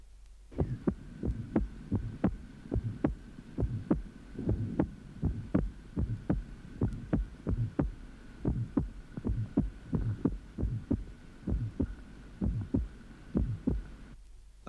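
Regular heartbeats at about 72 a minute in a five-year-old child, heard at the lower sternum, their spacing gently varying with breathing (sinus arrhythmia), over a faint steady hum. The first heart sound is clearly split into two components, followed by a short, soft, innocent systolic murmur and a normally split second heart sound.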